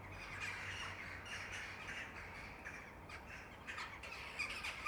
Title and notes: ｐａｔｚｒ ｒａｄｉｏ ｎｉｎｅｔｙ－ｓｅｖｅｎ－ｂ - untitled [Jackdaws, mainly]. the jackdaws were so good this afternoon. this territorial racket any day i'm around near sunset